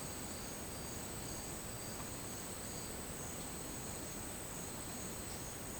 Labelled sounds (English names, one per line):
none